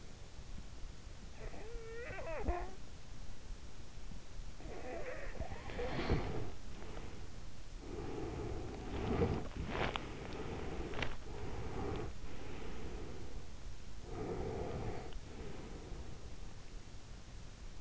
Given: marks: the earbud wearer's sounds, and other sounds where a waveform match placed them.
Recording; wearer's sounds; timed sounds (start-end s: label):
sounds in sleep by an in-ear microphone; snoring breath, breath, teeth grinding
1.08-3.07 s: snoring breath
4.46-7.83 s: snoring breath
7.83-13.54 s: breath
9.29-11.54 s: teeth grinding
13.74-16.49 s: breath